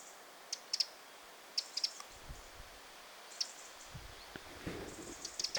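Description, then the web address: Eurasian wren calls: sharp, very high ticks in short clusters of two or three, spaced irregularly over a quiet background with faint low rustles. A family group: one parent and at least five young, recorded 9 August 2026. "9 8 2026 peukaloinen pesue emo ja ainakin viisi poikasta"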